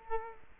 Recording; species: mosquito wingbeat signal from an infrared sensor; Culex quinquefasciatus